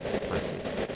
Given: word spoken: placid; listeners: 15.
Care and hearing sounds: one English word in noise, from a listening test; noise modulated by three-talker babble; -6.5 dB; 1 of 15; 7 of 15; 0.55 s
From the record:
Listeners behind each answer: 7, 2, 1, 1, 1, 1, 1, 1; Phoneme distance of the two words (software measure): 20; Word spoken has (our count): 2 syllables, 6 phonemes, stress on syllable 1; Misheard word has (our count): 2 syllables, 6 phonemes, stress on syllable 1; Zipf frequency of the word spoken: 2.95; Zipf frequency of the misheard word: 4.69

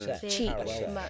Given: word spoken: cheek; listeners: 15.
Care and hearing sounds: one English word in noise, from a listening test; four-talker babble; 0.7 dB; 1 of 15; 8 of 15; 0.70 s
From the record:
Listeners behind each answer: 8, 5, 1, 1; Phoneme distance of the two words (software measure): 20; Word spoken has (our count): 1 syllable, 3 phonemes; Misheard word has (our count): 1 syllable, 3 phonemes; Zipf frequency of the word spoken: 3.93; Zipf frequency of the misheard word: 4.57

